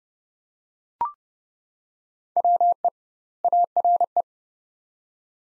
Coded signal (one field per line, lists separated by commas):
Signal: Morse code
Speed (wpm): 30 wpm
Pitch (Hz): 700 Hz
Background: none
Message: WE ARE